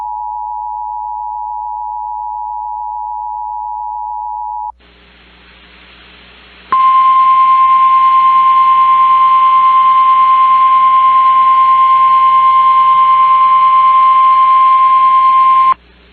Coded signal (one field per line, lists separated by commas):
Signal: Emergency Alert System (SAME) tones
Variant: 853 and 960 Hz attention tone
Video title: EAS Severe Thunderstorm Watch #513 Oklahoma NOAA Weather Radio +WeatherSTAR4000 KOFM-FM